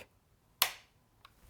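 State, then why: Seated. A plastic winter/summer mode tab on a STIHL chainsaw is flipped to summer mode, reinserted in its grooves in the air intake housing, and pushed in until it clicks home, cutting off the hot air that warms the carburetor so the engine cools better. A sharp, loud click at 0.6 s rings bright across the highs and fades quickly, followed by a much fainter tick at 1.3 s. The tab is seated.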